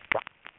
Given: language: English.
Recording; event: throat vibration sensor signal played as sound; swallow